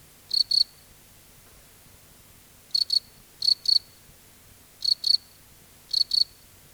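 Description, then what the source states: Cricket chirping, high-pitched pulsed chirps in doubled bursts, repeated at irregular intervals over a quiet background. Recorded at night in a field.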